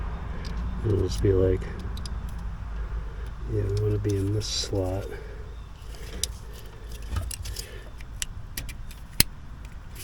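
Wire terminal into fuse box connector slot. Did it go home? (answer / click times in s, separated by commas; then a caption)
yes / 9.2 s. A power window wire terminal is pushed into a slot of a Sprinter T1N van's fuse/relay block while someone talks, with small metallic ticks and rattles in between. A sharp click at 9.2 s marks the terminal pin clicking in, and it is seated with the shiny metal visible in the slot.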